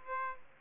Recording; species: mosquito wingbeat signal from an infrared sensor; Aedes aegypti